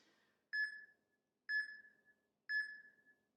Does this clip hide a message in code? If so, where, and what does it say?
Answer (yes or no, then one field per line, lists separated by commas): no